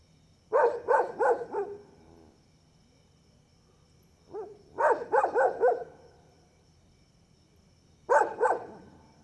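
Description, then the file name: Dog barking in rapid runs of several barks, with pauses of a few seconds between the runs. Several dogs barking, first far then near, at night, with crickets. "Cachorros latindo longe e depois perto a noite com grilo e passa uma moto"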